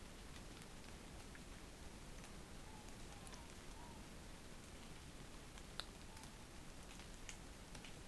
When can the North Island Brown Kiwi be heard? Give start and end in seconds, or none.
none